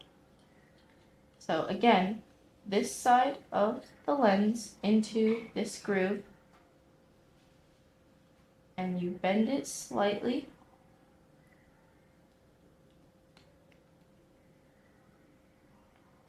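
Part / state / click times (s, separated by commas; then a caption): sunglasses lens into metal frame groove / not seated / none. A second replacement lens for Oakley RAZRwire sunglasses is set with one side into the groove of the metal frame and positioned before being bent and pushed home. Someone talks from about 1.5 to 10.5 seconds over a steady low hum, followed by faint handling ticks near 13.4 and 13.7 seconds. The lens has not clicked into place yet.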